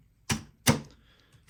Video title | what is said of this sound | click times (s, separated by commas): Go fishing with your 3D printer! (DIY fishing reel) (Part 1) | these essentially just snap into place | 0.3 s, 0.7 s